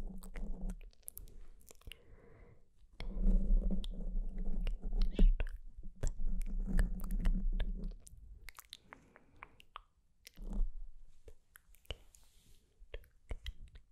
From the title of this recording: UNINTELLIGIBLE WHISPERS and HANDS MOVEMENT